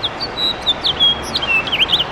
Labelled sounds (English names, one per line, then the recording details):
House Finch song
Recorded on Long Island, New York, on 6 June 2011
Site FL
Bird A